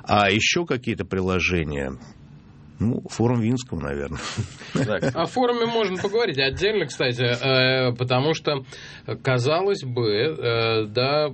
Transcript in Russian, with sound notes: А еще какие-то приложения… ну, Форум Винского, наверное (смеется)
О форуме можно поговорить отдельно, кстати, потому что, казалось бы, да,